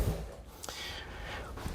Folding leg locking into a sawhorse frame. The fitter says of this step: And they lock into place.